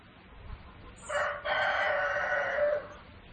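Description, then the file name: Rooster crowing: one loud, harsh, drawn-out crow lasting nearly two seconds, with a brief catch near its start, over background noise. "gallo"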